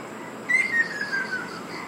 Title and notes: 赤翡翠 - Ruddy Kingfisher. Recorded in Iriomote Island Okinawa Japan